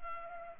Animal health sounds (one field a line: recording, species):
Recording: mosquito wingbeat signal from an infrared sensor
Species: Culex pipiens